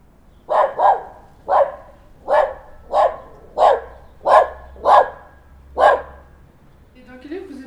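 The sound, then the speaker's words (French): A dog barks about nine times in a steady, evenly spaced series of loud, mid-pitched woofs, a couple coming as quick doubles, before a voice briefly starts at the end. “Je vais promener mon chien dans le parc.”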